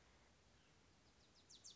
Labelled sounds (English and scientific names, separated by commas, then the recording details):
Wilson's Warbler (Cardellina pusilla)
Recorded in Sonoma County, California